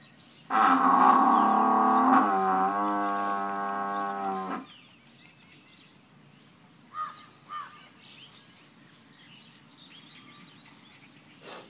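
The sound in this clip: Buffalo bellowing: one long, loud, harmonic moan held for about four seconds, dropping slightly in pitch midway, followed by a few faint short sounds and quiet background.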